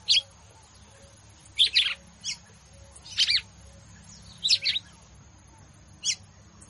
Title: Canto Galo Campina Fêmea. Galo de Campina batendo fogo